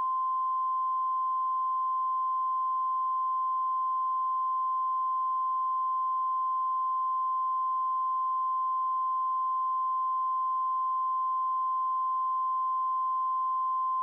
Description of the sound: Flatline.